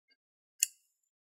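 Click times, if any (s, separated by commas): 0.6 s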